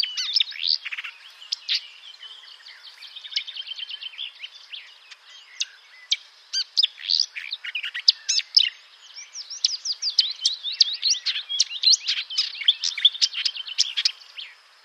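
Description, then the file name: Marsh Warbler delivering continuous chattering song, mixing scratchy notes, high whistles and quick repeated trills. Recorded 25 May 2007 around 08:10 at Bonnevaux. "Rousserolle verderolle 0810 25 Bonnevaux"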